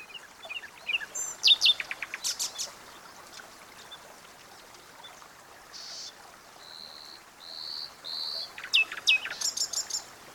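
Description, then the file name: Common nightingale singing varied phrases: sharp clicking bursts, then three pure drawn-out whistles, followed by a fast rattling series, against faint hiss. "Luscinia megarhynchos"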